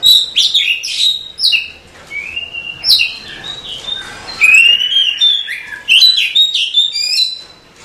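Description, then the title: Oriental magpie-robin song: loud, varied whistles and quick slurred phrases in bursts with short gaps between them. "suara kacer"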